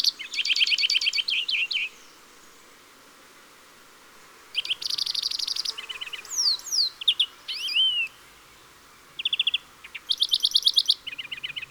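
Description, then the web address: European greenfinch giving bursts of fast trilled twittering, a few sharp downslurred notes and short chattering phrases, separated by quiet gaps. Garden bird. "Verdier d Europe. oiseaux des jardins"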